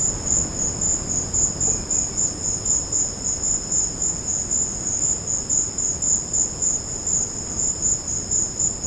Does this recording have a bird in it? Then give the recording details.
no. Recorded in secondary vegetation near Puerto Asís, Putumayo, Colombia, on 12 March 2025 at 16:00. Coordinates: 0.481, -76.318. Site G097